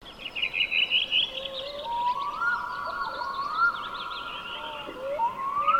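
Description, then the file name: Black-throated loon drawing out a long wail with several rising slurred upsweeps, while other birds chatter and call. "Storlom"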